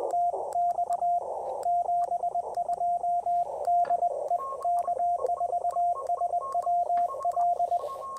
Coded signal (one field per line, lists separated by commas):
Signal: Morse code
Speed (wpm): 20 wpm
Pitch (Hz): 690 Hz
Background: radio noise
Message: TX 72 DE K4SWL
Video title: Unmatched QRP Performance: POTA Activation with the Ten-Tec Argonaut VI!